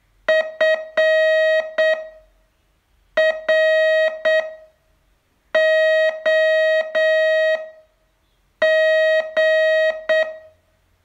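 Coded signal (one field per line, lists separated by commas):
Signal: Morse code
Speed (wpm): 7 wpm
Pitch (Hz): 630 Hz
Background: none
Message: FROG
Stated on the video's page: Morse training test, day 29 of a 42-day course.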